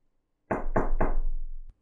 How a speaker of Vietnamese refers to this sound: Bỗng nhiên hắn giật mình nhìn về phía cửa phòng. Tiếng gõ cửa khẽ khàng trong bóng đêm trở nên vang vọng.